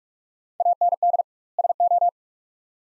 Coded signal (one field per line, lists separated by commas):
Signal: Morse code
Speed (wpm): 46 wpm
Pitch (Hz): 700 Hz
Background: none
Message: AND SO